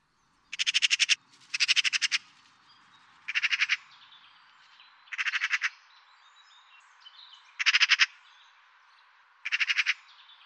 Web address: oiseaux pie